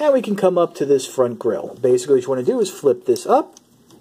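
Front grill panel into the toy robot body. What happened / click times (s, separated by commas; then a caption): The plastic part is being handled but has not clicked into place / none. Someone talks while handling the plastic front grill panel of a Transformers The Last Knight Berserker toy robot, flipping it up as the figure is transformed. The clip ends quietly before the panel is brought up into the robot body, so nothing has seated or clicked yet.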